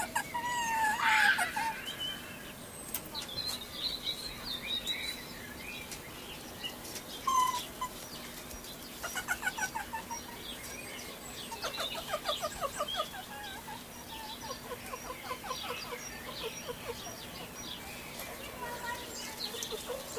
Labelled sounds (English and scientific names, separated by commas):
Sand Fox (Vulpes rueppellii)